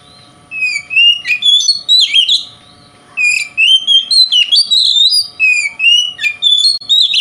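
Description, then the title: Oriental magpie-robin song in two lively bursts of fast, sweeping whistles and sharp chips, separated by a brief pause, with a steady background hum. Song style called 'konslet' in Indonesian, presented as a song that provokes other magpie-robins. "Kacer Konslet Bikin Kacer Lain"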